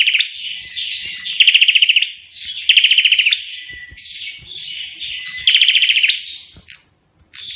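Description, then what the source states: Prinia song of three sharp ticking rattles, each a burst of rapid high clicks, separated by low-volume buzzy chatter. Indonesian prenjak singing energetically (gacor); song style called suara tembakan AK-47, the AK-47 gunfire sound.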